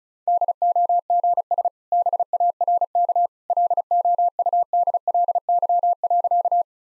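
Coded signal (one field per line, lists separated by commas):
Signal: Morse code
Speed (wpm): 36 wpm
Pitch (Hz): 700 Hz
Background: none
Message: DOGS BARK LOUDLY.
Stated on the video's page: Morse practice sentences at 35 wpm with contextual hints, sent as a copying drill.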